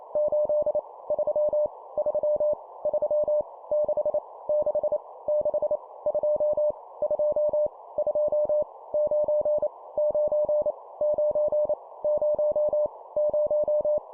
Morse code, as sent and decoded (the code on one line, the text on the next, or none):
---.. / ...-- / ...-- / ...-- / -.... / -.... / -.... / ..--- / ..--- / ..--- / ----. / ----. / ----. / ----- / -----
8 3 3 3 6 6 6 2 2 2 9 9 9 0 0